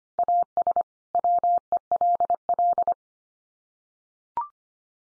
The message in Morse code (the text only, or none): AS WELL